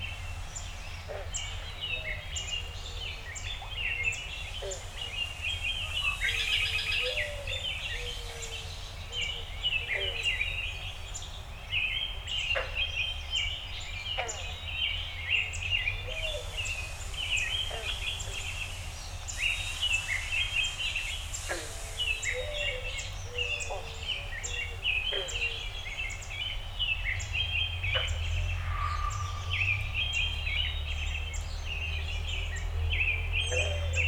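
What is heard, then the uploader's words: Dense dawn birdsong fills a backyard, many birds chirping and trilling at once over a steady low rumble, with occasional sharper calls. Dawn Recording in My Backyard. As always, the Zoom F6 and Audio Technica BP 4025 microphone performed flawlessly. I am very fortunate to live on a small inland lake in northern Michigan.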